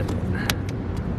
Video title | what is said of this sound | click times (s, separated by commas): 350Z Zakustech Louvers Install and Review | pops right in | 0.5 s